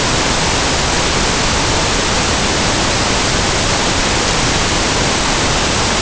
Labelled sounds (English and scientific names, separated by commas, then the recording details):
none
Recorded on Arctic tundra, site NAIT-1, on 23 June 2018
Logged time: 19:00